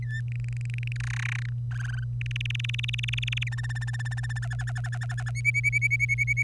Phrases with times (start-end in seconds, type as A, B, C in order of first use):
0.02-0.20 A, 0.32-0.93 B, 0.96-1.49 C, 1.71-2.04 D, 2.21-3.44 E, 3.47-4.39 F, 4.42-5.31 G, 5.35-6.43 H